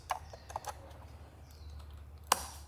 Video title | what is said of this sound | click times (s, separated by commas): How to Replace the Third Brake Light on a 2004–2008 Ford F-150 - Easy DIY Fix! | You actually feel them kind of clock and click into place. | 0.1 s, 2.3 s